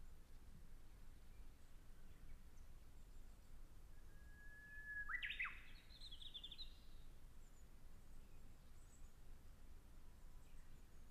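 Recorded on a forest road around 1000 m elevation: a single bright bird call rises and trills near five seconds over steady low rumbling hush.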